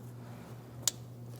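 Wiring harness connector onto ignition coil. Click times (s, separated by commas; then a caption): 0.9 s. A wiring harness electrical connector is pushed back onto an ignition coil on a 2007-2013 Acura MDX, over a steady low hum. A sharp, loud click at 0.9 s marks the connector latching in, so it is seated. A softer tap follows at 1.4 s.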